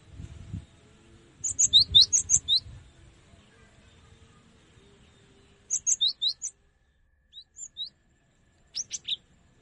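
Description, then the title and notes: Cinereous tit song: a rapid run of high chirps, then short scattered phrases of a few sharp notes. Used for training songbirds. "Masteran Gelatik Batu. burung gelatik"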